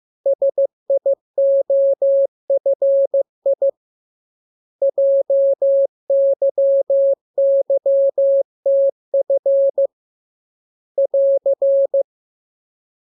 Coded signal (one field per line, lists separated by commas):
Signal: Morse code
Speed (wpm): 15 wpm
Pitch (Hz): 550 Hz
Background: none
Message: SIOFI JYYTF <AR>